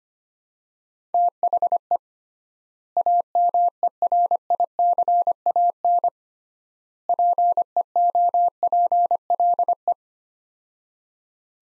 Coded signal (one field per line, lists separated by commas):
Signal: Morse code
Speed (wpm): 25 wpm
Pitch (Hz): 700 Hz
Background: none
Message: THE AMERICAN PEOPLE